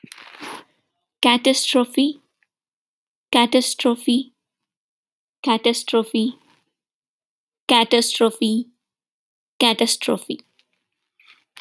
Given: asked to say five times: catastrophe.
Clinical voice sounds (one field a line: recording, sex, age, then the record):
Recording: repeated word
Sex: female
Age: 30 to 39 years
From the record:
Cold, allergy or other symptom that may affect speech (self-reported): no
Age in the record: 30 years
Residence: United States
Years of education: 18